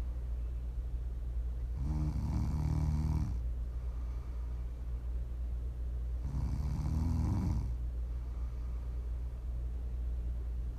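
An adult snores in their sleep, offered as ASMR to sleep, relax or wind down to. Two low, rattling snores rise and fade about four seconds apart, each lasting roughly a second and a half, a sleep breathing rate near 14 a minute. A steady low hum runs underneath.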